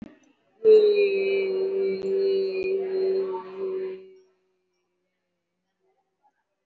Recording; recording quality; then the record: sustained vowel as in made; excellent, no background noise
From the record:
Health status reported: respiratory illness, not identified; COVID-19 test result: negative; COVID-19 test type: RT-PCR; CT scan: not taken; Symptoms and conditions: breathing difficulty, muscle pain, another respiratory illness, another condition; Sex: female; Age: 37 years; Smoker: no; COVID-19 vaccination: one dose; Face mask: worn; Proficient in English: no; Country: India